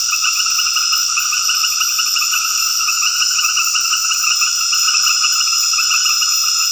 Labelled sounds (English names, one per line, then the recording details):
none
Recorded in dense forest near Puerto Asís, Putumayo, Colombia, on 18 February 2024 at 21:00
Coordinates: 0.496, -76.326
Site G6383